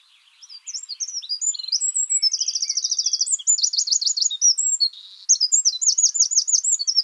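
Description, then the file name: Eurasian wren song builds from scattered high chips into rapid metallic trills, a buzzy rattle, a short pause, then another burst of quick looping notes. "Troglodytes troglodytes"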